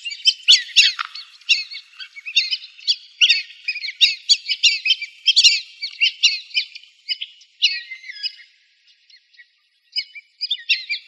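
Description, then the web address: Black-bellied whistling duck calls: bursts of shrill whistled and chittering notes overlapping busily, easing off into a brief pause before a few more notes. Arizona, 6 October 2002. "Ducks Geese Swans BBWD 100602"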